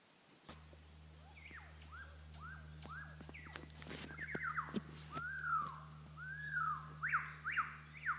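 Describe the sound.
Lyrebird song of repeated down-curving whistled notes that grow louder toward the end, over a steady low hum and scattered clicks.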